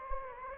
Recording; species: mosquito wingbeat signal from an infrared sensor; Anopheles gambiae